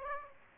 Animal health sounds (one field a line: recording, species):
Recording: mosquito wingbeat signal from an infrared sensor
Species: Aedes aegypti